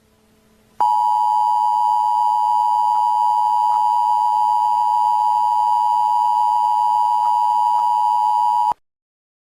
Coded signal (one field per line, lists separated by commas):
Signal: Emergency Alert System (SAME) tones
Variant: 853 and 960 Hz attention tone